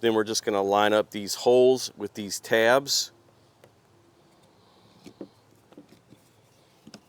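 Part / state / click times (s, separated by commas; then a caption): lower cover assembly onto string trimmer head / not seated / none. Someone talks for about three seconds, then faint, light handling sounds follow as the plastic lower cover assembly of an Ego string trimmer head is lined up by matching its holes to the tabs on the head. The cover has not been pressed home yet, so nothing has seated or clicked.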